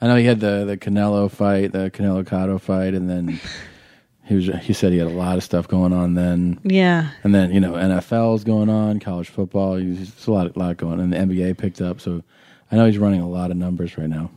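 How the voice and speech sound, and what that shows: A man speaks casually about boxing and football season in a low, steady, fluent voice; ordinary conversational speech.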